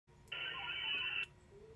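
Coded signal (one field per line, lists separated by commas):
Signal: HF data modem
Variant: VARA HF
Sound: one short burst of dense, even hiss-like data noise, about one second long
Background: radio static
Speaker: all right i'm on vera hf on 40 meters at five watts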